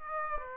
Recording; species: mosquito wingbeat signal from an infrared sensor; Aedes aegypti